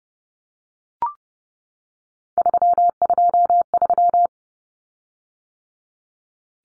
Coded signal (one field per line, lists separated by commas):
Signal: Morse code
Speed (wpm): 30 wpm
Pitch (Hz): 700 Hz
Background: none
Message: 323